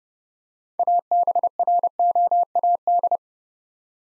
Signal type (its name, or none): Morse code